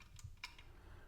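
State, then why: Seated. A plastic barn door piece from a toy brick set is pressed onto the brick model. A faint tick at about 0.2 s leads to a sharp, bright click at 0.4 s, followed by a softer tick near 0.6 s. The door clicks into place and is seated.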